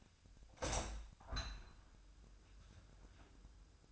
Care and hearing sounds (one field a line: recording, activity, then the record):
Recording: daily activity, microphone in the room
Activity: open window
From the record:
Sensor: 2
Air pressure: 1004.5 hPa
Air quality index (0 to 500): 78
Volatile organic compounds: 1 ppm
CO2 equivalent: 920 ppm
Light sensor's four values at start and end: 5/13/5/5 and 5/13/5/5